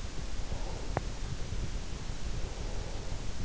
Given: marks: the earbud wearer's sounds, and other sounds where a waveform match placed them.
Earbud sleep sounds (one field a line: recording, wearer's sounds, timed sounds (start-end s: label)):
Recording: sounds in sleep by an in-ear microphone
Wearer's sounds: breath, teeth grinding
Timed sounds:
0.42-3.21 s: breath
0.90-1.23 s: teeth grinding